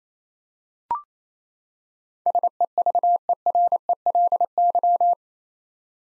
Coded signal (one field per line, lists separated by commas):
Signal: Morse code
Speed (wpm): 28 wpm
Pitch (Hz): 700 Hz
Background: none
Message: SEVERELY